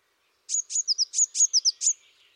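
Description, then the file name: Eurasian blue tit giving a run of very high, thin notes, sharp tsee sounds mixed with quick descending double notes, lasting under two seconds in quiet. "Mesange bleue"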